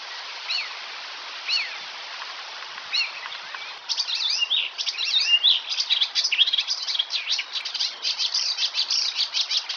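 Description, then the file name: Icterine warbler song: a few spaced whistled notes, then a fast, continuous jumble of harsh chatters and shrill, varied notes. "Härmsångare - Hippolais icterina"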